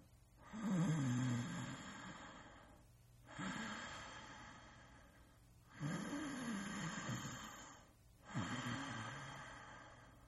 Sound Effects Partners In Rhyme Snore. Human sound effects snoring sound effects.